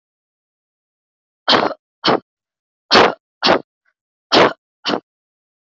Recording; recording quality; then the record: heavy voluntary cough; excellent, no background noise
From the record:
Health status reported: healthy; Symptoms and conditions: none ticked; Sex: female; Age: 26 years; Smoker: not ticked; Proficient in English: yes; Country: India